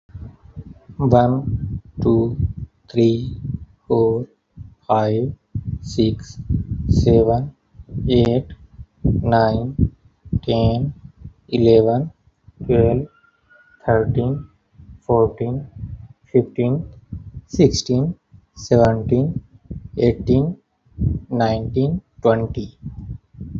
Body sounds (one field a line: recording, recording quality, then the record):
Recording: counting at a normal pace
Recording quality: excellent, no background noise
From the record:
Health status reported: healthy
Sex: male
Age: 32 years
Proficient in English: yes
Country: India